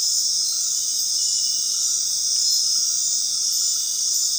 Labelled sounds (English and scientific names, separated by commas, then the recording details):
none
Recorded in dense forest near Puerto Asís, Putumayo, Colombia, on 19 February 2024 at 21:00
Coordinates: 0.499, -76.324
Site G6469